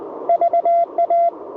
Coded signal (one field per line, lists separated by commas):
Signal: Morse code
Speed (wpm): 20 wpm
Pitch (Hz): 680 Hz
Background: none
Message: VA